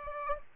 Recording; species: mosquito wingbeat signal from an infrared sensor; Aedes aegypti